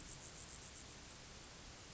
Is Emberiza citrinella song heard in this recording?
no